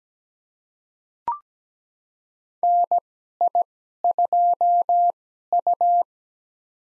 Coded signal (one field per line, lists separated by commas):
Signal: Morse code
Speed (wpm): 17 wpm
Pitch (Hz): 700 Hz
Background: none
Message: NI2U